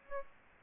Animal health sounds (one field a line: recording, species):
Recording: mosquito wingbeat signal from an infrared sensor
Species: Aedes albopictus